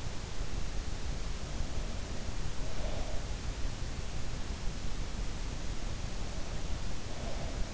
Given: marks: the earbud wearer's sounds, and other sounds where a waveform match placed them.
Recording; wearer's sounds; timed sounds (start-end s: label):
sounds in sleep by an in-ear microphone; breath
2.41-3.87 s: breath
6.65-7.74 s: breath